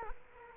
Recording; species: mosquito wingbeat signal from an infrared sensor; Culex quinquefasciatus